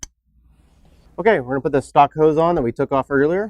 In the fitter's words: make sure you hear it clip in